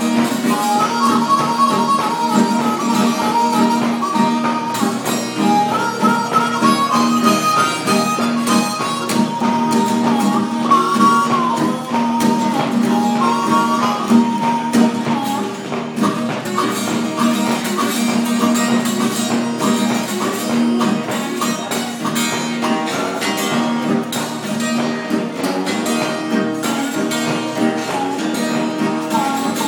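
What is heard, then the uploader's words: A band plays continuously, full and steady in loudness from start to finish. A strong low hum of bass and chords sits beneath wavering melodic lines, while crisp drum hits tick densely and regularly throughout. The sound is even, without pauses. Band playing during intermediates of the podcast I'm speaking at at Amen World HQ.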